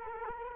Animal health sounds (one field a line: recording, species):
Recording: mosquito wingbeat signal from an infrared sensor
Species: Culex quinquefasciatus